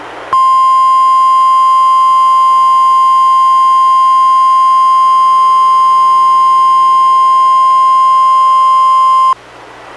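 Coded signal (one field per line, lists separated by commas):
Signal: Emergency Alert System (SAME) tones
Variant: 1050 Hz attention tone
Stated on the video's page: NOAA Weather Radio required weekly test from NWS Portland relayed by station in Astoria, received on a Reecom R-1630 weather radio and recorded directly via USB.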